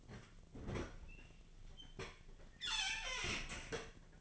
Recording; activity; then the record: daily activity, microphone in the room; open fridge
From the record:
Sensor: 4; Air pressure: 1010.5 hPa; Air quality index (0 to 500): 177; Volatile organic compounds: 5 ppm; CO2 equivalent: 1793 ppm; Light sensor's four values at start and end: 32/96/38/38 and 29/86/34/34